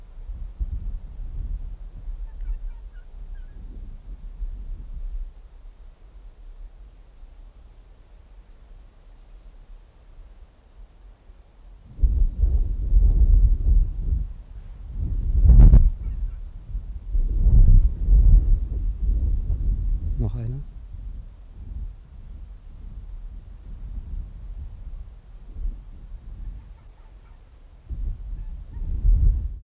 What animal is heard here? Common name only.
Arctic Fox